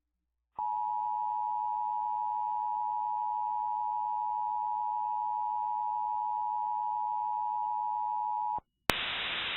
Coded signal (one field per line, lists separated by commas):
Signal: Emergency Alert System (SAME) tones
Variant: 853 and 960 Hz attention tone